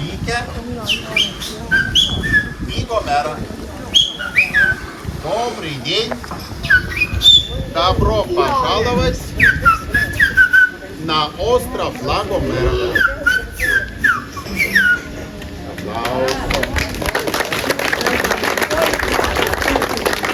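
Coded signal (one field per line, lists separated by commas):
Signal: whistled language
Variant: Silbo Gomero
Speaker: what you're hearing or what what you've just heard is the native uh whistle language. Official uh language of these islands.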